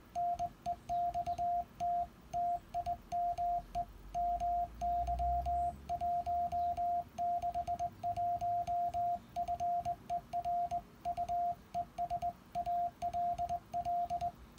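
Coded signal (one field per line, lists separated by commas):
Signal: Morse code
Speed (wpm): 20 wpm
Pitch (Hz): 700 Hz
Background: radio noise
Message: NEXT TIME MY 161 FER U ES ALL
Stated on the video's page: Final over of an SKCC QSO, sent on a Begali Sculpture Arrow key.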